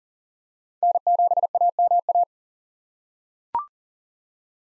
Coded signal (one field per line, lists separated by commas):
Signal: Morse code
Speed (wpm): 40 wpm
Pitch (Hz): 700 Hz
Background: none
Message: N7AMA